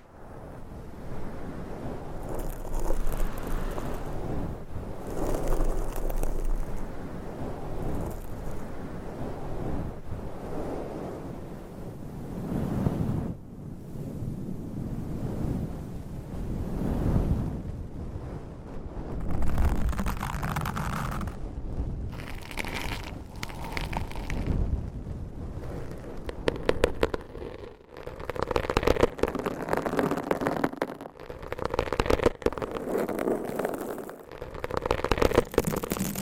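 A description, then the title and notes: Fingernails scratch and rub across microphone covers in dense, restless bursts that shift in texture every few seconds. Low rumbling thuds mix with brighter rasping strokes, and short pauses break the activity around 13, 27 and 34 seconds. ASMR Mic Scratching Brain Scratching with 20 DIFFERENT MICS Covers & Nails No Talking.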